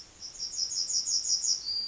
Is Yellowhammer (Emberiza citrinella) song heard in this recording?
yes